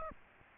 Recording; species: mosquito wingbeat signal from an infrared sensor; Aedes aegypti